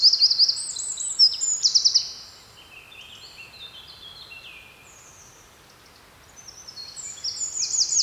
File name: Troglodytes troglodytes